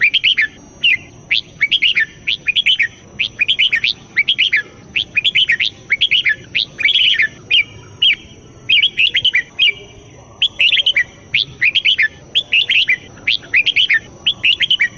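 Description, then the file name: Bulbul singing steadily: a short, cheerful whistled phrase repeated many times throughout, with low background noise. "suara kutilang jambul"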